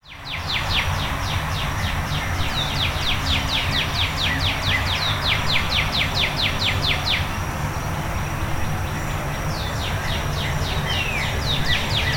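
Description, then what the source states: Bird song: a long rapid trill of falling chirps, a pause, then another trill, with a low steady rumble throughout. Before dawn.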